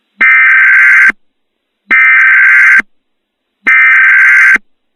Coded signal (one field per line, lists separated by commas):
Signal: Emergency Alert System (SAME) tones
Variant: header bursts